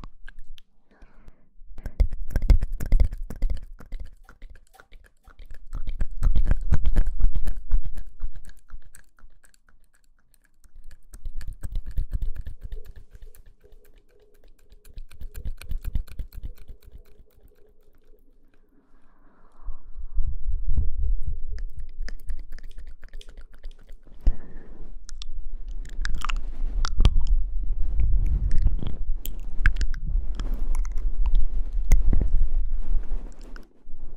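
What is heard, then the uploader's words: Mouth sounds: wet clicks, smacks and chewing-like crackles come in bursts with short pauses, growing denser and busier in the final ten seconds. Mouth Sounds.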